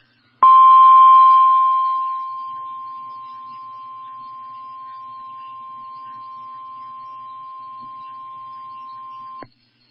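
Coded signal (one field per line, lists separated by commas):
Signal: Emergency Alert System (SAME) tones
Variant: 1050 Hz attention tone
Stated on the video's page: Real shelter-in-place, evacuation-immediate and fire warning alerts for Texas wildfires, recorded from NOAA Weather Radio and an IP radio stream, relayed by NWS Amarillo and IPAWS.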